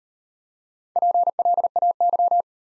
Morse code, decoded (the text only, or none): PLAY